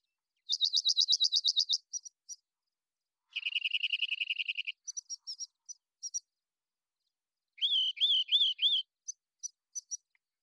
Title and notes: BIRDSong Wrens - Rock Wren. Rock Wren, Salpinctes obsoletus, long song sequence, isolated from Double mid-side original, natural pace and rhythm maintained Recorded in the beautiful Pacific Northwest, Washington, United States